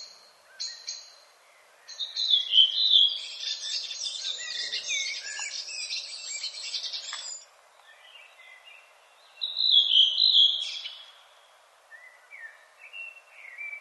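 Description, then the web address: Redwing song: a short note, then a long burst of rapid scratchy twittering lasting several seconds, a pause, and a second briefer squeaky phrase. "HGW birds \ \aves Rodvingetrast"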